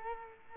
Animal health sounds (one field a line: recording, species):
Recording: mosquito wingbeat signal from an infrared sensor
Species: Culex quinquefasciatus